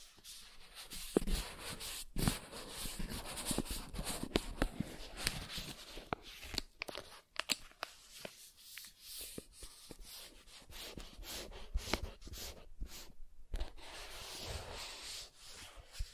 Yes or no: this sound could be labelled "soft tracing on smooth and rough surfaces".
yes